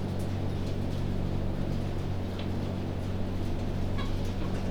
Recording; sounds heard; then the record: poultry house recording; healthy chickens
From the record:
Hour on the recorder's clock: 1